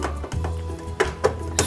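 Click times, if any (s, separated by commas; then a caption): 1.6 s. A small plastic piece is pressed in from the inside of a 1/8 scale KITT Knight Rider Pontiac Firebird model car body, with music playing in the background. A few light plastic taps come at about 1.0 and 1.3 s, then a sharp click at 1.6 s as the piece clips into place on the body, a fit judged well made.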